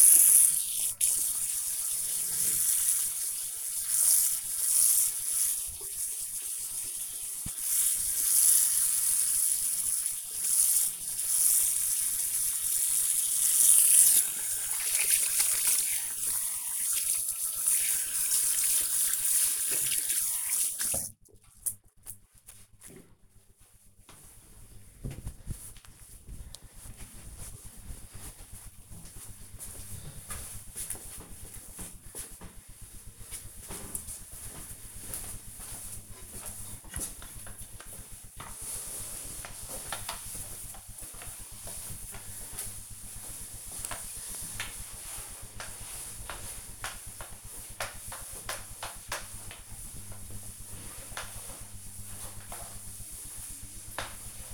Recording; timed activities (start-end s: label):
household activities, microphone on the right wrist
0.00-22.22 s: washing hands
36.30-54.53 s: floor cleaning